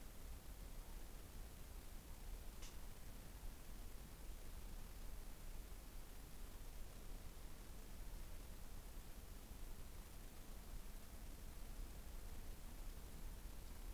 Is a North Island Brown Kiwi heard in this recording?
no